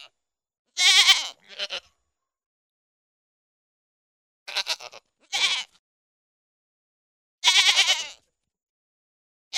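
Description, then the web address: Pygmy goat bleating, quavering cries given singly and in quick pairs, separated by pauses of a couple of seconds. "Goats -Pigmy"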